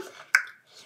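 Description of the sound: An adult snapping fingers, a single sharp snap: a motor tic, one of several tics (snapping, clicking, throat clearing, tongue clicking) that constantly interrupt her flow of speech.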